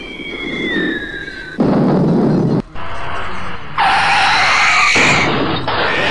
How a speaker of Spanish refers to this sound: Y quién sabe cómo, la saga hace una escena super épica en coches con piruetas y explosiones super vergonas, que parece como si fuera una escena extendida de Fury Road. Pero como esto es audio, solo escucharán explosiones y disparos, ya a la verga.